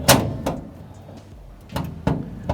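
A Mazda Miata hood is closed so its striker drops into the hood latch on the radiator support, with sharp latch clicks and a spring sound at about 0.5 s and 2.1 s and quieter knocks in between. The latch catches only at its secondary position, so the hood does not sit flush or lock fully; the spring inside the latch is suspected.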